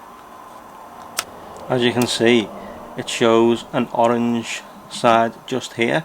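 A battery with an integrated door is popped into the battery bay of a DJI Osmo Action camera, making a short, sharp click at 1.2 s over a quiet hum, after which someone talks. An orange side still shows, so the battery is in but not yet fully locked; this first click is most likely not the full lock.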